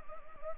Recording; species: mosquito wingbeat signal from an infrared sensor; Anopheles arabiensis